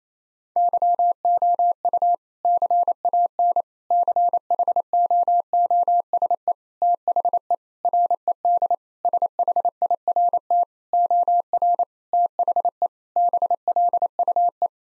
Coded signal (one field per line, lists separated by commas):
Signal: Morse code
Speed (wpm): 28 wpm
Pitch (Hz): 700 Hz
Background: none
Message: YOU CAN CHOOSE THE RED SHIRT OR THE BLUE